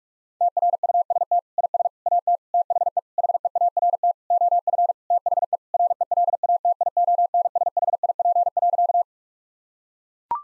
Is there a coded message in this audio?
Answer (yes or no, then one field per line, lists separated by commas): yes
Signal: Morse code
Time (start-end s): 0.4-9.0 s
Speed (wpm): 41 wpm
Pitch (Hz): 700 Hz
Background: none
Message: TRUST IS AT THE HEART OF THE RELATIONSHIP.